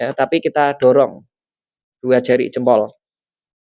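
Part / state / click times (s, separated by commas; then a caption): memory module into motherboard slot / not seated / none. A memory module is being pressed into its motherboard slot with both thumbs rather than just pinched. Someone talks in two bursts with a pause between them, and nothing has seated or clicked yet.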